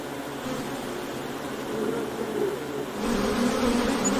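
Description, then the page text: Honey bee buzzing, an even humming drone that grows louder about halfway through and again near the end. Ambient honey bee wing sound, presented as ASMR background sound for work or sleep. "【環境音・ASMR】ミツバチの羽音3分｜ Honey Bees Sound【作業用・睡眠用BGM】"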